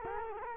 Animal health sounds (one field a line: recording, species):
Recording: mosquito wingbeat signal from an infrared sensor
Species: Culex quinquefasciatus